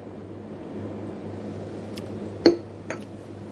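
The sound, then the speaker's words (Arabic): A small jingle bell (jaljal), the kind hung on the necks of cows and sheep, jingles in a few brief, bright metallic clinks, the middle one loudest, with a thin high ring trailing after each, over a steady low background hum. “الجرس هو يسمونه الجلجل أو الخلخال، الجلجل هذه اللي يكون ساعات يعلق على، يعني شبيه بهذا الصوت يسمع أحيانا يسمع صوتا شبيه بهذا الصوت، الجرس اللي يوضع ساعات نفس الجرس في عنق يعني البقرة والغنم وكذا،”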